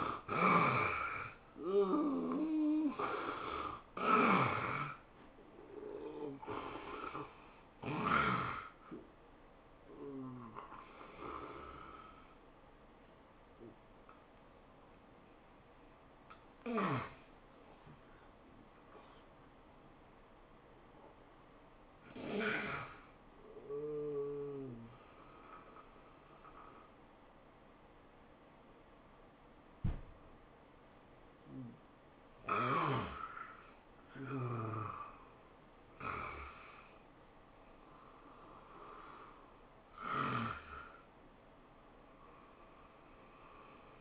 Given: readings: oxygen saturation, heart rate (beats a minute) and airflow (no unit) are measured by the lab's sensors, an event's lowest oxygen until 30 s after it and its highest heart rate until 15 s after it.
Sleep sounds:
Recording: breathing in sleep by a voice recorder at the bedside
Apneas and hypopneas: 1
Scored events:
14.00-31.10 s: hypopnea (N1, oxygen 97% highest, then 89% lowest, heart rate 89 at the start, 103 highest)
From the record:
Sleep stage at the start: N1 (lightest sleep)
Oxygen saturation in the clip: 71 to 97%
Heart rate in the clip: 84 to 107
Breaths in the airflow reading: 8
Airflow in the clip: -16.1 to 12.9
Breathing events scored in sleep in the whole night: 403 in 5.5 hours asleep

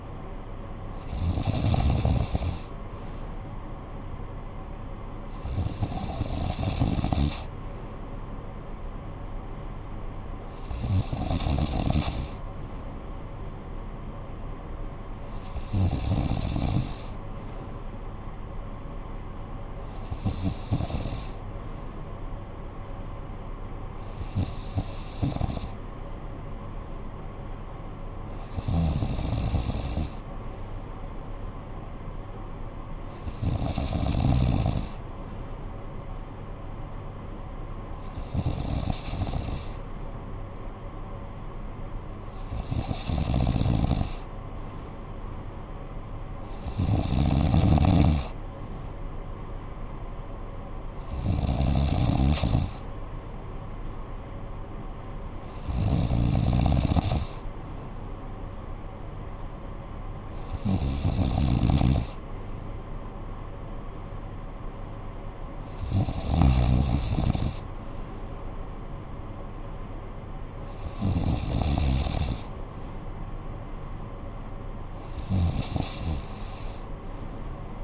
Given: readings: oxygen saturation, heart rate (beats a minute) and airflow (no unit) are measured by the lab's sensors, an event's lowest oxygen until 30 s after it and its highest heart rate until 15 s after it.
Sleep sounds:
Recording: breathing in sleep by a smartphone at the bedside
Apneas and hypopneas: none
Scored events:
6.00-77.84 s: new sleep stage, N3 (deep sleep)
From the record:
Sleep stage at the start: N2 (light sleep)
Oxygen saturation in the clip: 93 to 94%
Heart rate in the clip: 54 to 62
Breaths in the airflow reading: 17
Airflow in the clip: -9.8 to 6.2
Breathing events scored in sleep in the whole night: 445 in 7.6 hours asleep

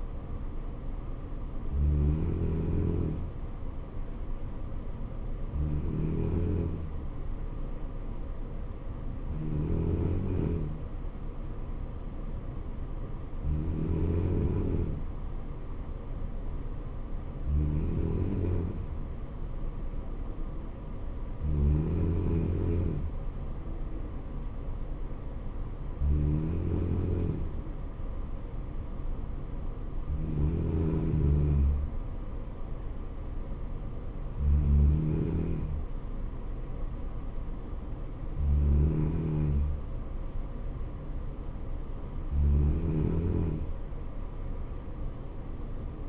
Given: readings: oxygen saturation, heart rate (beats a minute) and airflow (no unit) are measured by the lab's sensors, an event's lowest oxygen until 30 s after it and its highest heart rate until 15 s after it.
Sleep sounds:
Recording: breathing in sleep by a smartphone at the bedside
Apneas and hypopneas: none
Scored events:
none scored
From the record:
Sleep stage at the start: N3 (deep sleep)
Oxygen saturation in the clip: 94 to 95%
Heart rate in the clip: 63 to 71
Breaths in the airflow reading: 12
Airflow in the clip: -3.4 to 2.8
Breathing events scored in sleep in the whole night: 79 in 6.3 hours asleep

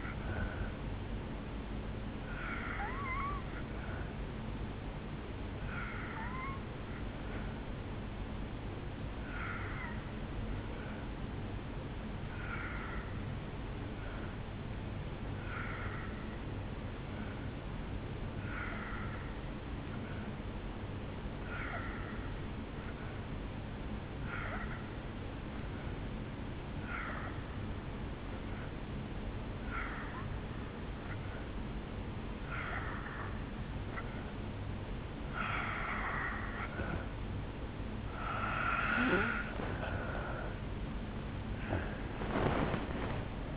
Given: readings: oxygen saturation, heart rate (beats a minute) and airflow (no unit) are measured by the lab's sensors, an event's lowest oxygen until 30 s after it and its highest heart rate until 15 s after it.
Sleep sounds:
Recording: breathing in sleep by a voice recorder at the bedside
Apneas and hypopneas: 1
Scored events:
8.00-37.30 s: hypopnea (N2, oxygen 91% highest, then 82% lowest, heart rate 61 at the start, 75 highest)
32.00-43.57 s: new sleep stage, N1 (lightest sleep)
From the record:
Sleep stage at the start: N2 (light sleep)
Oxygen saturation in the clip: 83 to 91%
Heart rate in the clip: 59 to 73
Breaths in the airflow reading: 7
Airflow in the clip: -8.4 to 5.2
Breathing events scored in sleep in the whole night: 449 in 7.0 hours asleep

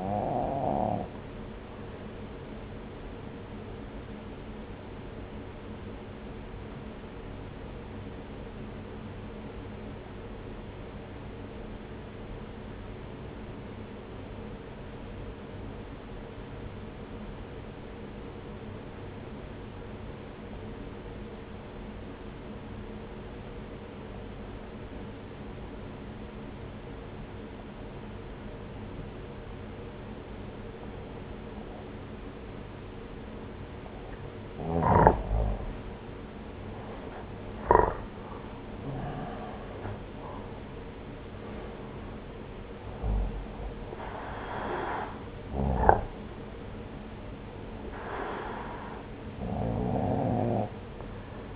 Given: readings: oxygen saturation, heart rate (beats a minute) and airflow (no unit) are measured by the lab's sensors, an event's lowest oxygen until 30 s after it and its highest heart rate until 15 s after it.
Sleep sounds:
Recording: breathing in sleep by a voice recorder at the bedside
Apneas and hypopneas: 1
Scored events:
5.00-36.40 s: obstructive apnea (N1, oxygen 95% highest, then 84% lowest)
From the record:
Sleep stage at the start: N1 (lightest sleep)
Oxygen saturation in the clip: 88 to 95%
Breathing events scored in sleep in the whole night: 303 in 8.1 hours asleep

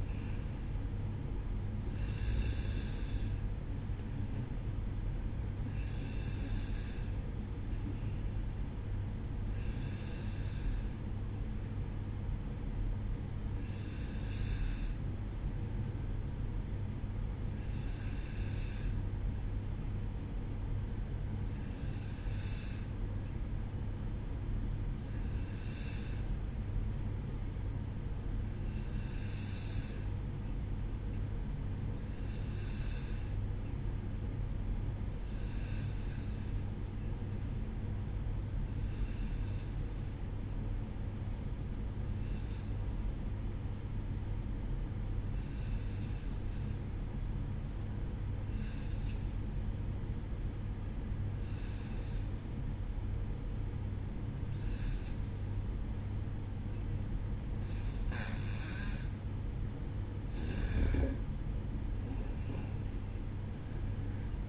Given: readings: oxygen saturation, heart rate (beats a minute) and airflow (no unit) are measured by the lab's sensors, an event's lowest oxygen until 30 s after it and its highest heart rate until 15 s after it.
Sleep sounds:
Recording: breathing in sleep by a smartphone at the bedside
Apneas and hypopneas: 1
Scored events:
11.00-64.49 s: new sleep stage, N2 (light sleep)
20.00-58.50 s: hypopnea (N2, oxygen 94% highest, then 91% lowest, heart rate 57 at the start, 62 highest)
From the record:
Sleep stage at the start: N1 (lightest sleep)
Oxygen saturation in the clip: 91 to 94%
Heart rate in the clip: 57 to 62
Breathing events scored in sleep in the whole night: 305 in 9.6 hours asleep

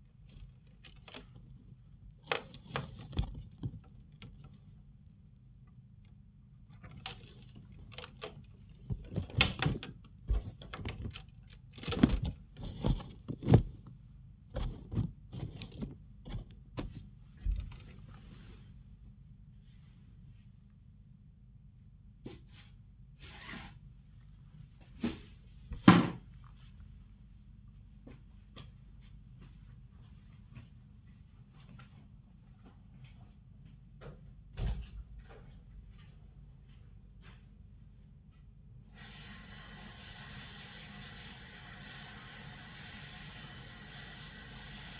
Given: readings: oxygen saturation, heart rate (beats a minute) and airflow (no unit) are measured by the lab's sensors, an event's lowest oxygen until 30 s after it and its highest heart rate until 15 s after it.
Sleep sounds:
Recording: a person awake in a sleep study, by a smartphone at the bedside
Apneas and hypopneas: none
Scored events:
0.00-45.00 s: awake
From the record:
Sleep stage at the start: awake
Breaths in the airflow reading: 17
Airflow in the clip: -0.8 to 1.4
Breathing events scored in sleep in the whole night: 270 in 6.1 hours asleep

